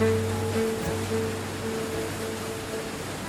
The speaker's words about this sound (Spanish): Estoy entregado a las corrientes acuáticas y a los espíritus del aire. Piso y veo cómo se viene el agua, che.